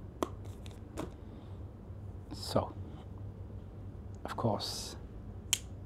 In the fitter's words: magnetic Clicks in the one thing I love about the DJI action 4 was a magnetic Mount